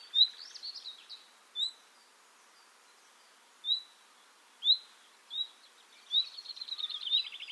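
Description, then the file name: Common nightingale with scattered sharp chirps over a faint background hiss, ending in a fast trill. "Luscinia megarhynchos"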